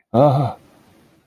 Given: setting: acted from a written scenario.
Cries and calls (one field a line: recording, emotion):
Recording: vocal sound without words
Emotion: fear